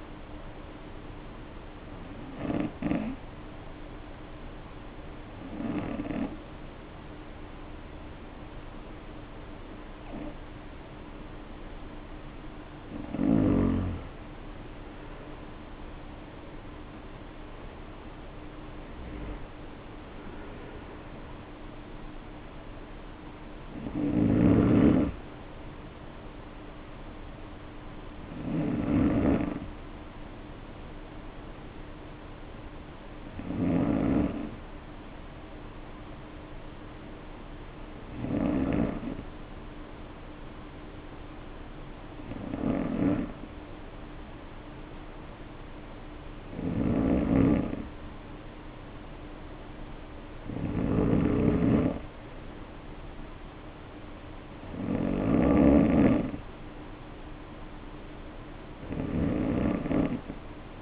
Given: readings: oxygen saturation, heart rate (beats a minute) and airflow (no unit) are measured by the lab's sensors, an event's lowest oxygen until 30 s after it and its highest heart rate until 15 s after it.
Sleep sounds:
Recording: breathing in sleep by a voice recorder at the bedside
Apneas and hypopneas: 2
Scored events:
4.00-16.40 s: hypopnea (N2, oxygen 94% highest, then 92% lowest, heart rate 57 at the start, 61 highest)
25.00-55.00 s: new sleep stage, N1 (lightest sleep)
35.00-50.40 s: hypopnea (N1, oxygen 95% highest, then 91% lowest, heart rate 50 at the start, 59 highest)
55.00-60.82 s: new sleep stage, N2 (light sleep)
From the record:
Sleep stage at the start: N2 (light sleep)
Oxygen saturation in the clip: 92 to 95%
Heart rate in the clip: 50 to 61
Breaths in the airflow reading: 15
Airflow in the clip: -2.6 to 2.8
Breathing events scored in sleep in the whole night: 520 in 7.2 hours asleep

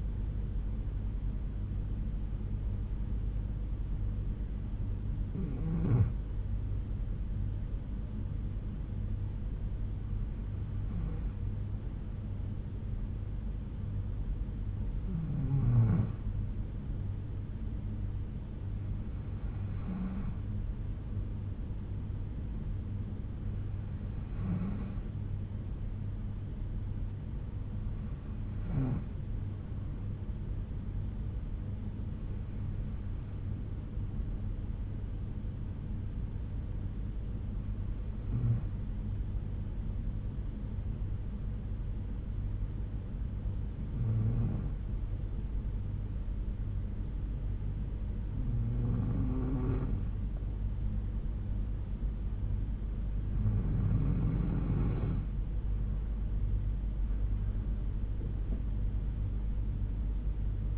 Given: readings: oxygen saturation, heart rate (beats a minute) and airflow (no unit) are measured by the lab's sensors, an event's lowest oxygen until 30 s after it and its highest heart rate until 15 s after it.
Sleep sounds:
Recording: breathing in sleep by a smartphone at the bedside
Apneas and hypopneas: 2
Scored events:
6.00-25.10 s: hypopnea (N2, oxygen 95% highest, then 92% lowest, heart rate 59 at the start, 68 highest)
36.00-54.60 s: hypopnea (N2, oxygen 93% highest, then 90% lowest, heart rate 65 at the start, 73 highest)
From the record:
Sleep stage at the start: N2 (light sleep)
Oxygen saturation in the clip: 92 to 95%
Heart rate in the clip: 59 to 71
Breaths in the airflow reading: 12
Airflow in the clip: -6.1 to 7.0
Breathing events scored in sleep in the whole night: 368 in 8.0 hours asleep

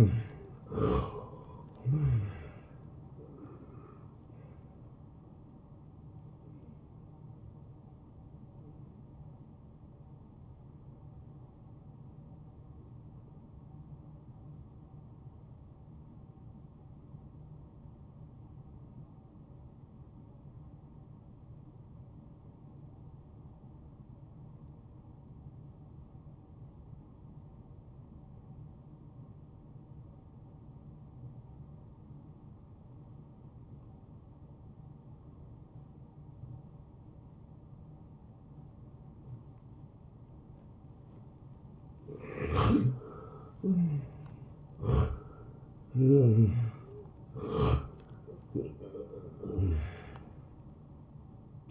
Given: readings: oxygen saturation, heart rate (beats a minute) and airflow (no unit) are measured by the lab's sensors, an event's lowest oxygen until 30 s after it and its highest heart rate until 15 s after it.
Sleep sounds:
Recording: breathing in sleep by a smartphone at the bedside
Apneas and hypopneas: 1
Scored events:
8.00-41.60 s: hypopnea (N1, oxygen 95% highest, then 84% lowest)
From the record:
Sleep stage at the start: N1 (lightest sleep)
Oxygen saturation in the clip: 85 to 95%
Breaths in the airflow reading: 5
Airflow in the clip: -21.8 to 10.2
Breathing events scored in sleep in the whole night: 263 in 5.5 hours asleep

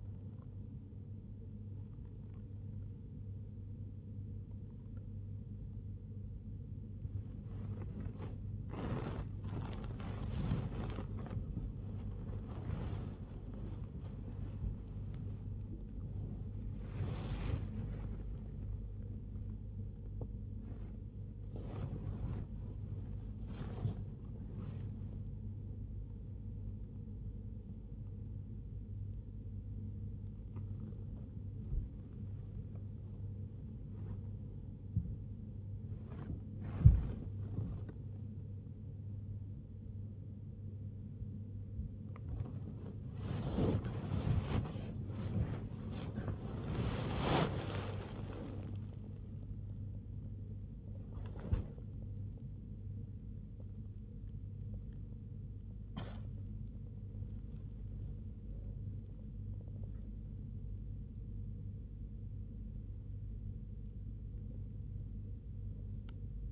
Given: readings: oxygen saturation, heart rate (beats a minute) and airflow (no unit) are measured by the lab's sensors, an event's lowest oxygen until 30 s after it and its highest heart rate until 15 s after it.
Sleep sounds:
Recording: a person awake in a sleep study, by a smartphone at the bedside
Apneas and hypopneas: none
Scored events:
0.00-66.52 s: awake
From the record:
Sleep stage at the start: awake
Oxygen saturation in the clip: 94 to 97%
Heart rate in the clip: 77 to 92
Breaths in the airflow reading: 23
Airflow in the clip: -0.7 to 0.8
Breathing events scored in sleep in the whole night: 101 in 7.3 hours asleep

